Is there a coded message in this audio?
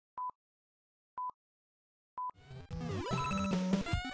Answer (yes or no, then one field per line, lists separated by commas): no